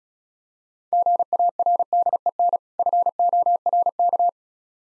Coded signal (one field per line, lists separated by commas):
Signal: Morse code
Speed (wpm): 36 wpm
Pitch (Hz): 700 Hz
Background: none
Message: GARDEN FORK